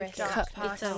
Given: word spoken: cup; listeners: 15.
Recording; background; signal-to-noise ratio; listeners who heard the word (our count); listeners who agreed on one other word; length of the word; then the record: one English word in noise, from a listening test; four-talker babble; 0.4 dB; 1 of 15; 10 of 15; 0.59 s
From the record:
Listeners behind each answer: 10, 2, 1, 1, 1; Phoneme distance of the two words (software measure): 20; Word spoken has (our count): 1 syllable, 3 phonemes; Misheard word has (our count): 1 syllable, 3 phonemes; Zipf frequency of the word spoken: 5.09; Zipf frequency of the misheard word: 5.03